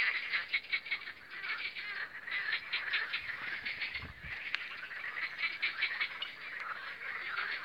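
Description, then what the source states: Frog chorus of fast, rattling croaks, many callers overlapping steadily, with a brief low thump near the middle. Spring croaking of frogs on the Lomnica canal, 10 May 2020.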